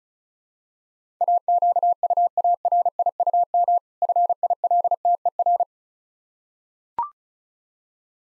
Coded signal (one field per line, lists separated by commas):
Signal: Morse code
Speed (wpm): 36 wpm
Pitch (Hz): 700 Hz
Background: none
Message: AQUARIUM FILTER